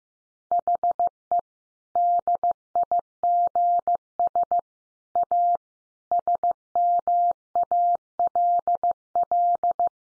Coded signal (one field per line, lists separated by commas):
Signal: Morse code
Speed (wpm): 15 wpm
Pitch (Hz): 700 Hz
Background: none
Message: HE DIGS A SMALL